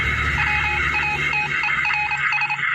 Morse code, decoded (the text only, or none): WATERS